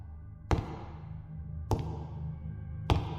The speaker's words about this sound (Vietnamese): Vừa rồi có tiếng bước chân của ai khác nữa.